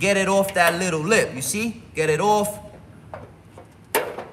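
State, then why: Released. A flathead screwdriver pries a metal retaining clip off the lip of a groove on a dryer shaft while someone talks. A faint tick at 3.1 s comes before a sharp pop at 4.0 s as the clip snaps off and is released from the shaft.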